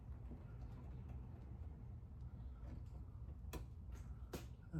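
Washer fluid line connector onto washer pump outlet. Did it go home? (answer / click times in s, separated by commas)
yes / 3.5 s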